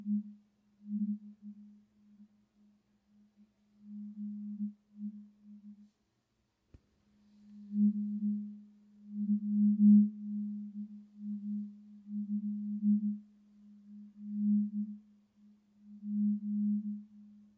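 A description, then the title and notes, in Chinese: A single pure, low tone from a tuning fork or singing bowl hums steadily, swelling and fading in slow, uneven pulses. Near the middle the tone drops out briefly, broken by one sharp tap, then returns with a faint higher ring above it. 沉浸式音叉·水晶杯·颂钵。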